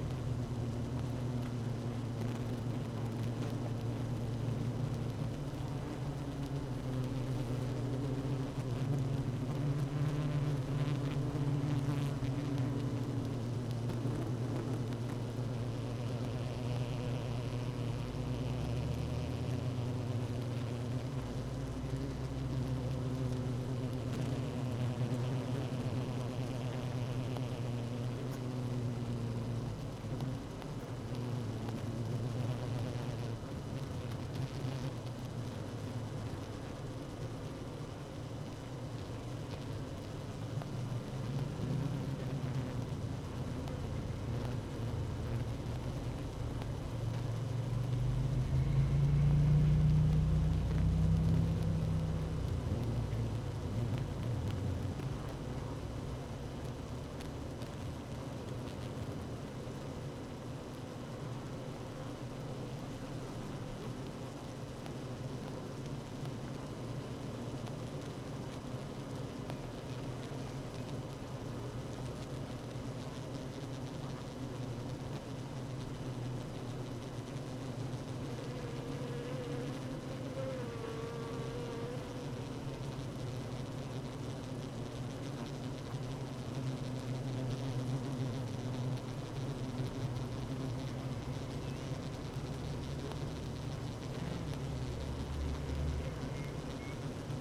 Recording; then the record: honeybee colony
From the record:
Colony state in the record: active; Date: 12 June 2018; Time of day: 16:35